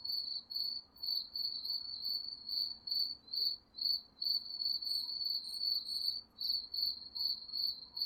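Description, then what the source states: Cricket chirping, high repeated chirps in a narrow band, rising and falling in regular bursts a little more than twice a second, with soft background noise. Crickets chirping at night.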